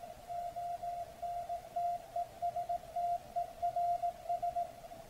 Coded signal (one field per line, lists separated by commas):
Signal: Morse code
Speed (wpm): 18 wpm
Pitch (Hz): 700 Hz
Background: none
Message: ON TESTERS